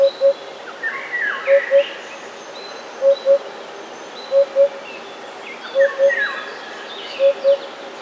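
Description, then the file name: Eurasian hoopoe repeating paired low hoots, oop-oop, roughly every one and a half seconds, while other birds chirp and whistle higher in the background. "dudek"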